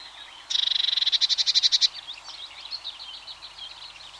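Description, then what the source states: Blue tit giving a buzzy, rapidly pulsed churring call lasting just over a second, followed by softer varied songbird warbling in the background. Awareness calls.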